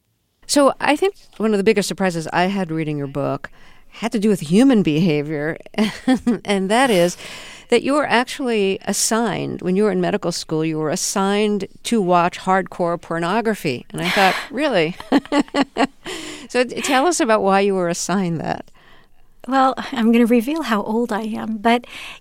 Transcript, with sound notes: So I think one of the biggest surprises I had reading your book had to do with human behavior, and that is that you were actually assigned when you were in medical school, you were assigned to watch hardcore pornography and I thought: really.
(LAUGHTER)
So tell us about why you are assigned that.
Well, I'm going to reveal how old I am.